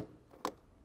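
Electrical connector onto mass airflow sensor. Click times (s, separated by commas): 0.4 s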